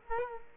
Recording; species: mosquito wingbeat signal from an infrared sensor; Culex quinquefasciatus